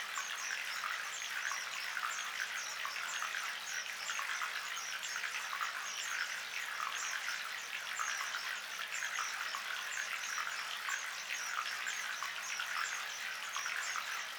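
Birds chirp over gently running water in a dense, steady wash of sound. Quick, bright chirps and trills stack up continuously throughout, with no pauses, while the water adds a soft, even hiss underneath and very little low rumble.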